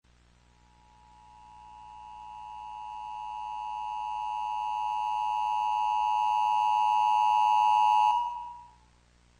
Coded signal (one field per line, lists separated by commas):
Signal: Emergency Alert System (SAME) tones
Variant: 853 and 960 Hz attention tone